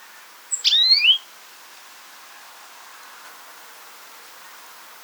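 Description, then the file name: European greenfinch call: one brief high, thin rising call lasting under a second, then quiet background hiss. "Chloris chloris"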